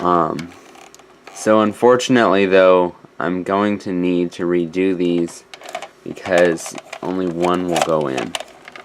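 Someone talks while handling a 3D printed plastic wing for a Buzz Lightyear action figure; only one wing fits into the figure's back, the other won't click in, so they need to be redone. Faint tapping and small handling clicks come between the words, and nothing has seated or clicked into place yet.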